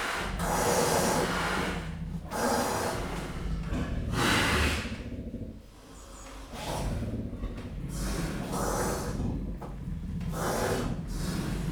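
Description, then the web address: Leopard rasping calls, a slow series of harsh breathy grunts, each broad and noisy. Captive leopard in a zoo, 2015. "jaszberenyizoo 2015 professzionalis leopard"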